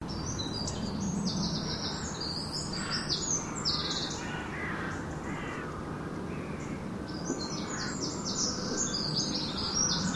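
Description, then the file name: Eurasian wren giving a long, rapid, high-pitched trilling phrase at the start and another at the end, separated by a quieter gap with faint background noise. "Troglodytes troglodytes"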